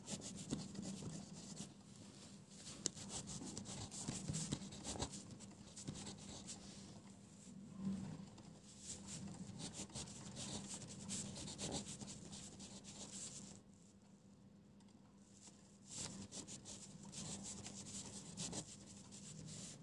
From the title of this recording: Pencil ASMR, quiet space, page flipping, scribbles